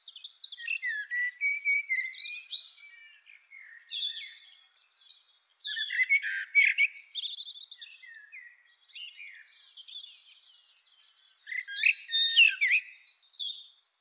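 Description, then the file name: Common blackbird song: varied whistled and warbled phrases from low flute-like notes to high squeaky twitters, in three bursts separated by quieter pauses. "Turdus merula"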